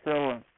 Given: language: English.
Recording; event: throat vibration sensor signal played as sound; speech